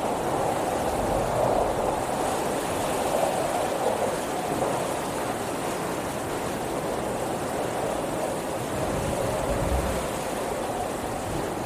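Windy storm noise roars steadily throughout, a dense, unbroken rush with a strong midrange hiss and low rumbling gusts that barely change.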